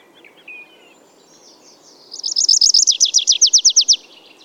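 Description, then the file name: Tree pipit singing a fast series of many sharp, buzzy trilled notes, steady and rhythmic, preceded by a few thin faint whistles. "Ruud van Beusekom - Lesnoj konyok Anthus trivialis"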